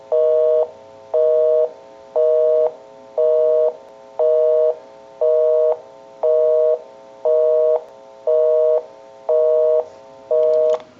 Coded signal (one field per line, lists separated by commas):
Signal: telephone call progress tone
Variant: North America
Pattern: busy tone